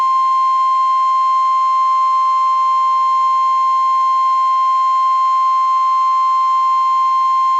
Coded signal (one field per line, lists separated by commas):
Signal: Emergency Alert System (SAME) tones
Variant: 1050 Hz attention tone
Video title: Snow Squal Warning [EAS #54]